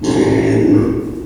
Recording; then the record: squeal of a Yucatan mini pig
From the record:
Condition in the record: before surgery on the right vocal fold (resection and tissue-engineered implant); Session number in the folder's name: 1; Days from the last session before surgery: -3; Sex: male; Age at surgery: 12 weeks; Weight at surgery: 13 kg